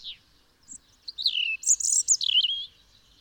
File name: Erithacus rubecula